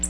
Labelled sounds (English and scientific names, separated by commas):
Black-throated Blue Warbler (Setophaga caerulescens) flight call